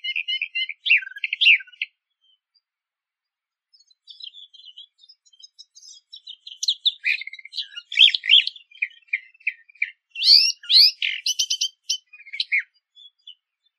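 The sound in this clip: Eastern Orphean warbler song: a short burst of chattering, warbled phrases, then after a pause a longer run of phrases that grow louder and more varied, with a quiet background.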